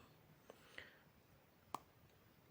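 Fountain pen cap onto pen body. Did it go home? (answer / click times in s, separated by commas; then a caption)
yes / 1.8 s. A metal snap-cap is pushed onto the body of a Pilot MR Retro Pop Collection fountain pen with a green medium nib. Two faint ticks come first, then a sharp, bright click at 1.8 seconds as the cap snaps home and seats.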